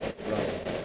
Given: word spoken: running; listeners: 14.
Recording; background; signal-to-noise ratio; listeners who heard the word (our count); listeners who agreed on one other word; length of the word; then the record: one English word in noise, from a listening test; noise modulated by three-talker babble; -3.2 dB; 0 of 14; 9 of 14; 0.45 s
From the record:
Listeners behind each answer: 9, 1, 1, 1, 1, 1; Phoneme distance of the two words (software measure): 14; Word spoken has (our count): 2 syllables, 5 phonemes, stress on syllable 1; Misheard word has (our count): 1 syllable, 3 phonemes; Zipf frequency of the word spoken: 5.26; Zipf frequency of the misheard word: 5.49